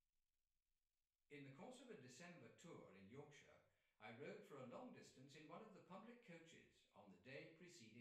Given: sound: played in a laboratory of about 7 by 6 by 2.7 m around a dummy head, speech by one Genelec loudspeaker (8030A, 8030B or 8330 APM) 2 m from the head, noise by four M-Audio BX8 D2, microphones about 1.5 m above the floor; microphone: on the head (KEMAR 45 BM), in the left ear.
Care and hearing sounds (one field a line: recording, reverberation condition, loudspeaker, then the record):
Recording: male speech in English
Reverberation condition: medium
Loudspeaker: 90 degrees to the right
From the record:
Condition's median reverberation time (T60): about 510 ms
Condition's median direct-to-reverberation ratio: about -0.5 dB